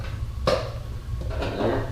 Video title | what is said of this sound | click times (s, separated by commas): Fender Eliminator Install (DIY stock fender mod) - Kawasaki Ninja 300 | Just give it a little bit of a tug. You'll hear it pop. | 0.5 s